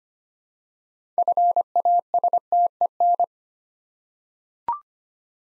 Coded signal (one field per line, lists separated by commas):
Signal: Morse code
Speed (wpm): 25 wpm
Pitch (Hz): 700 Hz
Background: none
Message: FASTEN